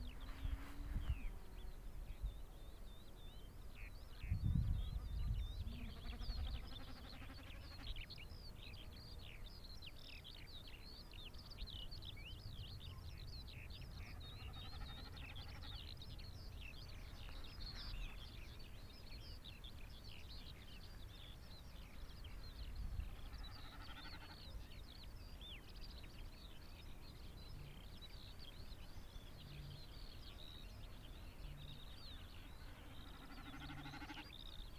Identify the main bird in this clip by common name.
Common Snipe